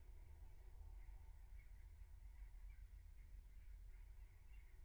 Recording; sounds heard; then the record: poultry house recording; no chicken sound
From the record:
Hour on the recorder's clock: 15